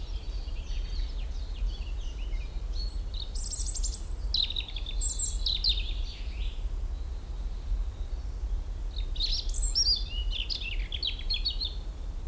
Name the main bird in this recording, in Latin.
Erithacus rubecula